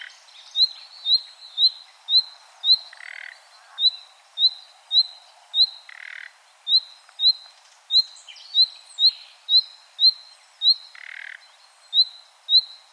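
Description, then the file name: Common nightingale repeating sharp upslurred whistles rapidly, interspersed with several grating croaks. "Luscinia megarhynchos"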